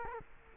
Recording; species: mosquito wingbeat signal from an infrared sensor; Culex quinquefasciatus